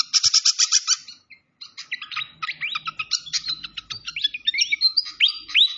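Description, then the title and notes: Malaysian pied fantail song opens with a quick run of bright repeated notes, then brief quiet, then busy squeaky twitters and rising whistles. Masteran training recording of the fantail's clear voice, locally called sikatan londo, mixed with the sound of flowing water. "Masteran Sikatan Kipas Suara Jernih Dan Suara Gemericik Air. Suara Burung Sikatan Londo"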